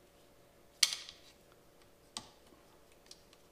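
A Bixpy outboard kayak motor is being pushed into its silver mounting bracket during a 2020 kayak DIY install. A sharp knock is heard at 0.8 s, followed by a softer tap at 2.2 s and faint light ticks. The motor is handled but has not locked onto the mount yet; nothing has seated or clicked.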